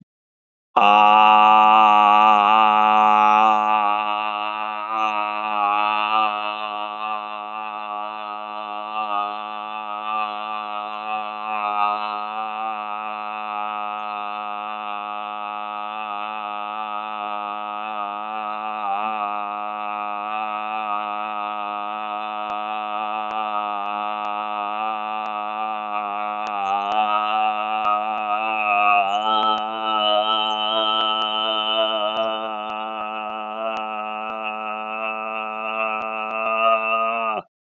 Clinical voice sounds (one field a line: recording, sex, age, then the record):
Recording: vowel held as long as possible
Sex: male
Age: 50 to 59 years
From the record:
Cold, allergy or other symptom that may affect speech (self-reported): no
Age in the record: 51 years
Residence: Washington, United States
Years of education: 14